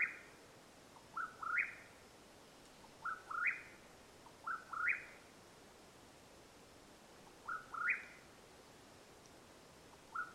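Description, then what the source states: Mexican whip-poor-will calling a burry, rising three-note phrase over and over, every few seconds, with a steady quiet hiss behind. Calling at nightfall in Madera Canyon, Arizona, USA, on 21 April 2022.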